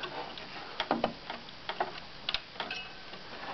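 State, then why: Seated. A second 1 GB DDR RAM stick is pressed firmly down into the memory slot of an Apple G4 Mac desktop. Sharp clicks are heard at 0.8 s and 2.3 s as the side latches flip up and lock, with a few softer ticks in between. The module is seated.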